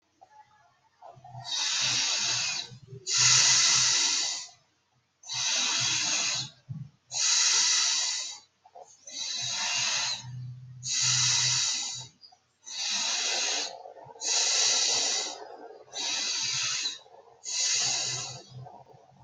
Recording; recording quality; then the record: deep breathing; excellent, no background noise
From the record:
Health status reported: healthy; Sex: male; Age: 35 years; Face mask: not worn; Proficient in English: yes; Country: India